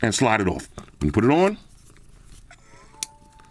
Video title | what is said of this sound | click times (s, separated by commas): Xiaomi 15 Ultra - The Ultimate Camera Phone! | locks into place and you get the menu | 3.0 s